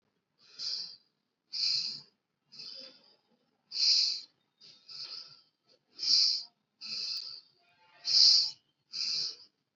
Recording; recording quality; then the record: deep breathing; excellent, no background noise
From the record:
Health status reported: COVID-19 positive, mild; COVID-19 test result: positive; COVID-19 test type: RT-PCR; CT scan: not taken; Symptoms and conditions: cough, fever, fatigue, diabetes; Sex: female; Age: 60 years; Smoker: no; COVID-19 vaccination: both doses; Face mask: not worn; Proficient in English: yes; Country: India